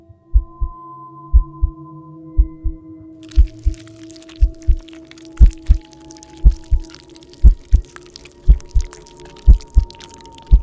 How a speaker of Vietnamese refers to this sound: Thế nhưng âm thanh duy nhất mà gã có thể nghe được lúc này là tiếng trái tim của gã đang đập bành bạch ở trong lồng ngực, và cả cái âm thanh nhai lạo xạo kia.